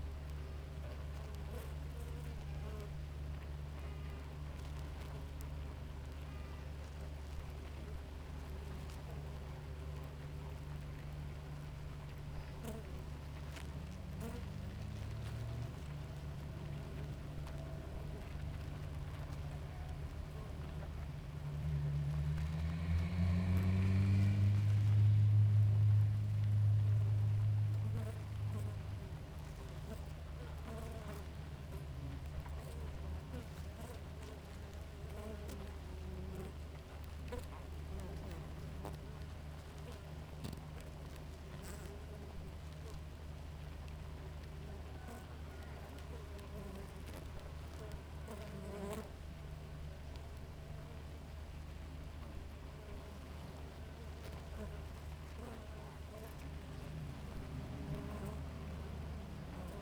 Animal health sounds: honeybee colony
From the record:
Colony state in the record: active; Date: 28 July 2017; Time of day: 5:14

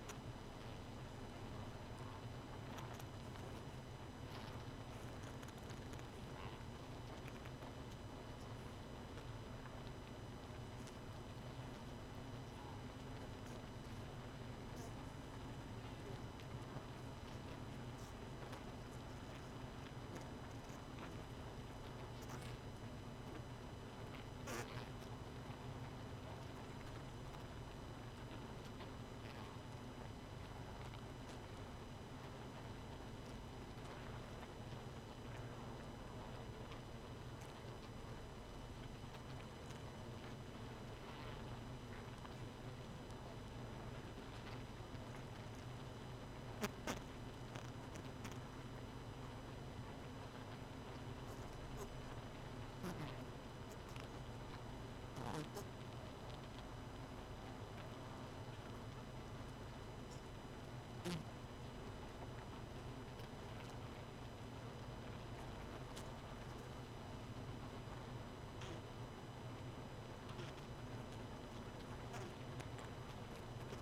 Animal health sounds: honeybee colony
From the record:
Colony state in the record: missing queen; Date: 31 May 2018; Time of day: 0:32

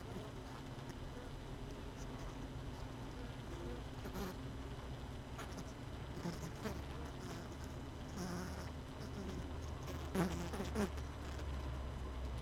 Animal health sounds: honeybee colony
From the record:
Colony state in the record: missing queen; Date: 31 May 2018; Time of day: 18:03

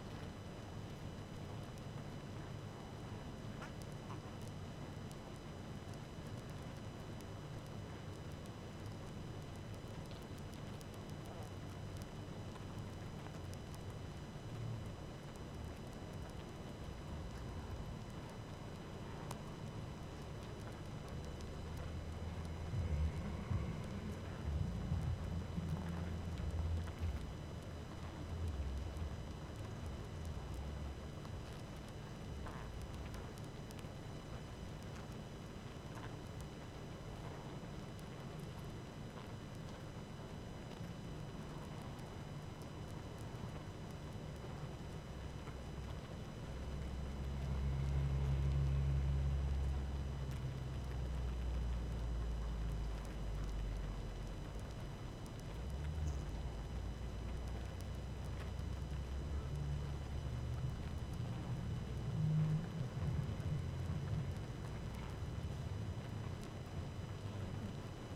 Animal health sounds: honeybee colony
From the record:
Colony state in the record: active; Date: 12 June 2018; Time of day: 18:42

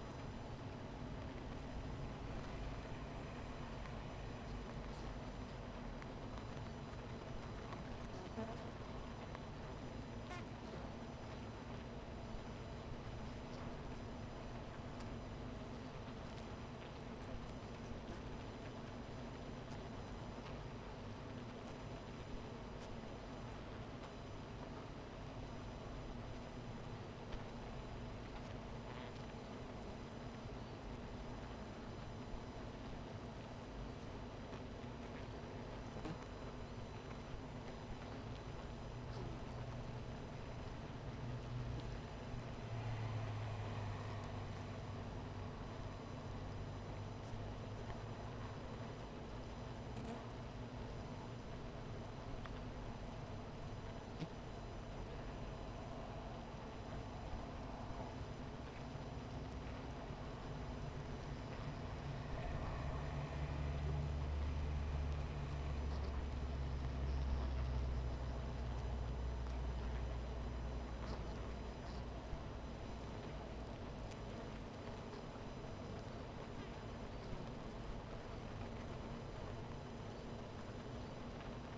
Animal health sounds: honeybee colony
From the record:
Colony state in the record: missing queen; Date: 14 July 2017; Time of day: 11:56

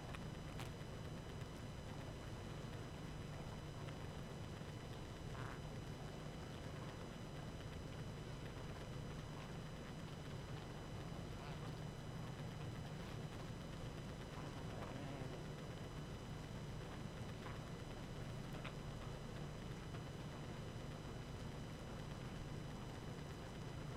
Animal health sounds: honeybee colony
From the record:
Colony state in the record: active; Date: 12 June 2018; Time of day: 19:40

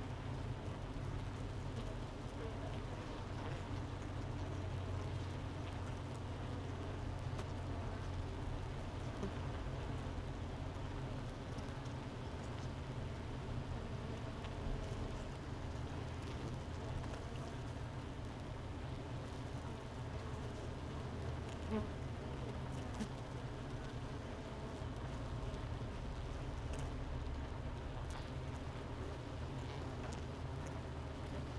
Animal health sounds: honeybee colony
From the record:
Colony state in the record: missing queen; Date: 31 May 2018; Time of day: 9:42

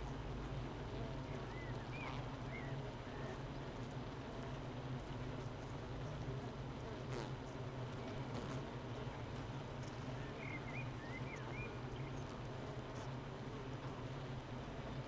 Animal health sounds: honeybee colony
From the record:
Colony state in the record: missing queen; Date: 31 May 2018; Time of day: 8:01

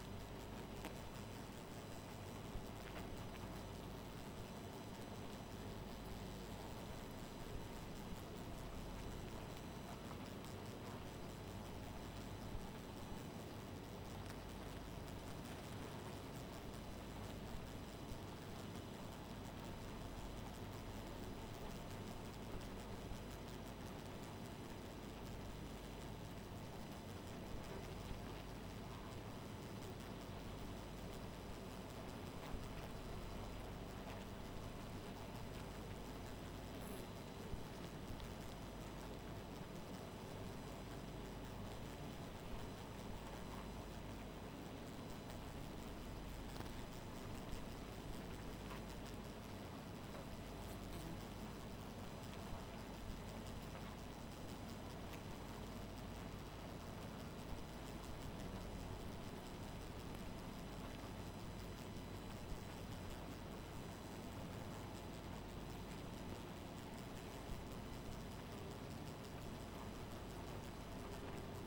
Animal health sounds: honeybee colony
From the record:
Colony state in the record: missing queen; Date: 14 July 2017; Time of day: 2:05

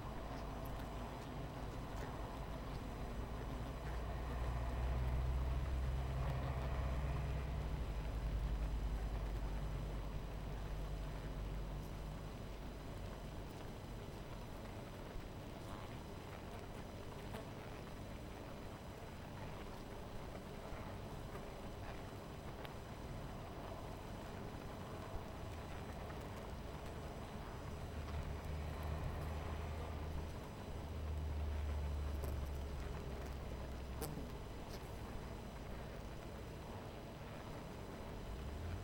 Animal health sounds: honeybee colony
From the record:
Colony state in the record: missing queen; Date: 14 July 2017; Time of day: 12:35

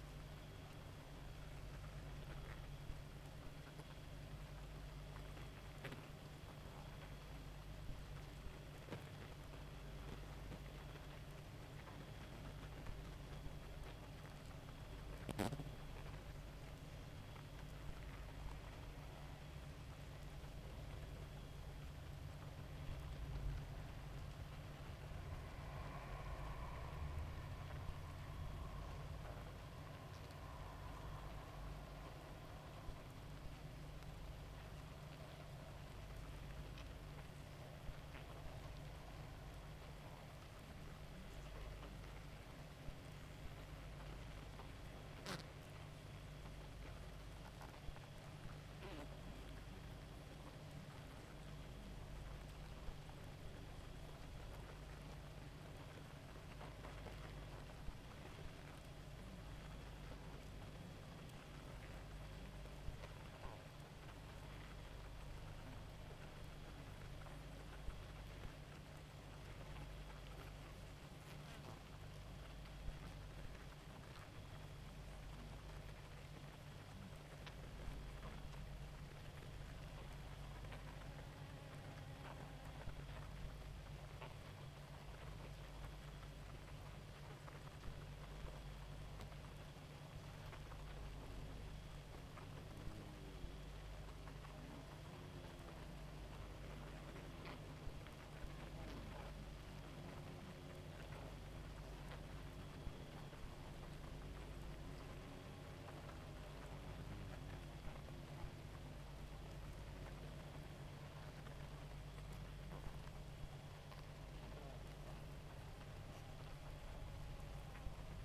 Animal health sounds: honeybee colony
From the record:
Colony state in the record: active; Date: 28 July 2017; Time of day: 2:04

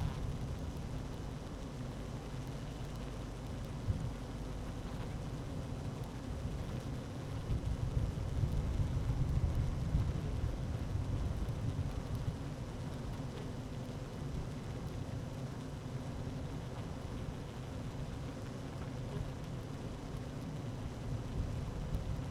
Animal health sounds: honeybee colony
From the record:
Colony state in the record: active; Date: 12 June 2018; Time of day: 12:21

